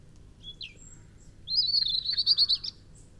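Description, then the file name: European robin song: a thin high whistle, then a quick warbling trill of tumbling notes around a second long, sweet and rippling, over a faint low hum. "Erithacus rubecula"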